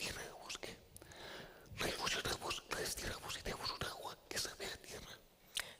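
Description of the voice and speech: Adult man speaking Spanish in a near-whisper without real vocal tone, an aphonic voice from spasmodic dysphonia, a neurological condition (dystonia) that causes involuntary spasms of the larynx and stops him from voicing.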